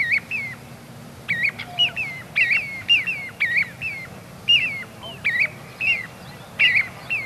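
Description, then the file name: Little ringed plover calling: loud, sharp, falling whistled notes, repeated rapidly and often doubled through most, with a low rumbling hum underneath. "Corriere Piccolo"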